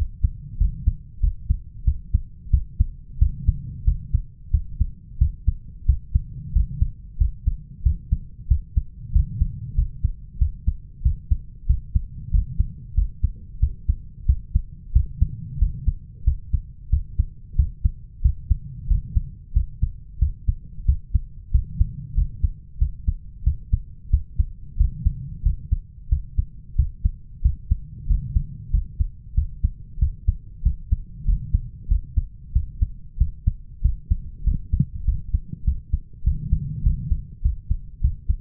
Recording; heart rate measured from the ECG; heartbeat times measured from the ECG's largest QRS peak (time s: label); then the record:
heart sounds by stethoscope; 93 bpm
0.60 s: heartbeat
1.22 s: heartbeat
1.86 s: heartbeat
2.52 s: heartbeat
3.21 s: heartbeat
3.86 s: heartbeat
4.53 s: heartbeat
5.20 s: heartbeat
5.88 s: heartbeat
6.55 s: heartbeat
7.20 s: heartbeat
7.85 s: heartbeat
8.50 s: heartbeat
9.14 s: heartbeat
9.77 s: heartbeat
10.40 s: heartbeat
11.04 s: heartbeat
11.68 s: heartbeat
12.33 s: heartbeat
12.97 s: heartbeat
13.62 s: heartbeat
14.28 s: heartbeat
14.95 s: heartbeat
15.61 s: heartbeat
16.26 s: heartbeat
16.92 s: heartbeat
17.58 s: heartbeat
18.24 s: heartbeat
18.89 s: heartbeat
19.55 s: heartbeat
20.21 s: heartbeat
20.87 s: heartbeat
21.53 s: heartbeat
22.16 s: heartbeat
22.80 s: heartbeat
23.45 s: heartbeat
24.12 s: heartbeat
24.79 s: heartbeat
25.45 s: heartbeat
26.11 s: heartbeat
26.77 s: heartbeat
27.44 s: heartbeat
28.09 s: heartbeat
28.73 s: heartbeat
29.36 s: heartbeat
30.01 s: heartbeat
30.65 s: heartbeat
31.27 s: heartbeat
31.90 s: heartbeat
32.54 s: heartbeat
33.20 s: heartbeat
33.84 s: heartbeat
34.46 s: heartbeat
35.07 s: heartbeat
35.66 s: heartbeat
36.26 s: heartbeat
36.85 s: heartbeat
37.44 s: heartbeat
38.03 s: heartbeat
From the record:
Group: healthy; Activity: rest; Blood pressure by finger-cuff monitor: 152/97 mmHg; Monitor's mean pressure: 115 mmHg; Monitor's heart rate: 93 bpm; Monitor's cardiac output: 7.2 L/min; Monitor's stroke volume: 79 mL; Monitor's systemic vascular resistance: 1180 dyn s/cm5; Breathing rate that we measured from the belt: 20 breaths a minute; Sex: male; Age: 21 years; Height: 175 cm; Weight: 72.6 kg